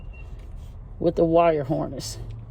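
A wire harness connector is being handled onto an MSD Street Fire ignition coil during a coil pack swap on a 2007–2013 Silverado 1500 with a 4.8/5.3/6.0L engine. Someone talks over a low background hum. The connector has not seated or clicked yet.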